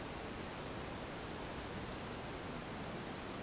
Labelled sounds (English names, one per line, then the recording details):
none
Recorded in dense forest near Puerto Asís, Putumayo, Colombia, on 22 June 2025 at 11:30
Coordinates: 0.484, -76.317
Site G045